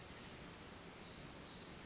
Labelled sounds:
Pacific Wren (Troglodytes pacificus)
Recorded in Sonoma County, California

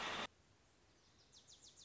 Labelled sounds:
Wilson's Warbler (Cardellina pusilla)
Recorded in Sonoma County, California

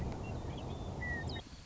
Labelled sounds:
Western Meadowlark (Sturnella neglecta)
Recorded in Sonoma County, California

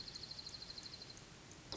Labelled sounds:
Dark-eyed Junco (Junco hyemalis)
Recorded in Sonoma County, California

